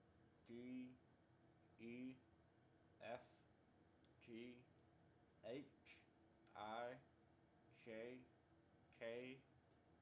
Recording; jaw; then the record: letters of the alphabet, spoken; constrained by a bite bar between the teeth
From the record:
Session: first day, right after the free take